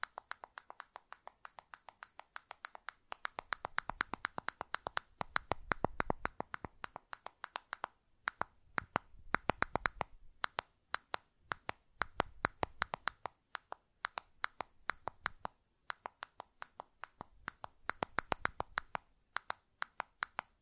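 Buttons click and tap in quick, sharp, irregular runs, crisp snaps with brief pauses and a faint low rumble beneath some bursts.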